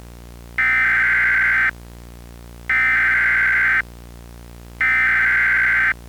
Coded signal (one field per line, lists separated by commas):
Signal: Emergency Alert System (SAME) tones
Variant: header bursts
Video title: Corny Catastrophe: An MLP Weather EAS Scenario Spinoff